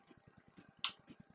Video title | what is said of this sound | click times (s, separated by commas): Aviax F2C Quadcopter Drone Unboxing and Assembly Review | there we go once that is clicked into place then just get your little pin | 0.8 s